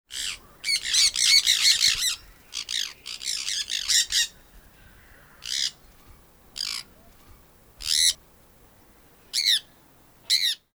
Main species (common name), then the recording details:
Sun Parakeet. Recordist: Tembrock, Günter. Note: verschiedene Lautformen